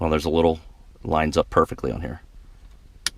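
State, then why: Seated. A wiring harness connector is lined up on its groove and pushed onto the plastic housing of a push start/stop button. Someone talks, then a single sharp, loud click at 3.1 s marks the connector snapping into place, seated.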